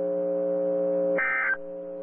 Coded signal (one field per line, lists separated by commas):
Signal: Emergency Alert System (SAME) tones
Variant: end-of-message bursts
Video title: PDS TOR 2 (EAS 166)